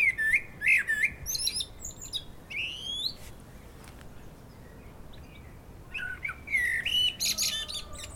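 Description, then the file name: Common blackbird song: fluty whistled phrases ending in thin high squeaky twitters, a pause, then another phrase near the end. "Turdus merula"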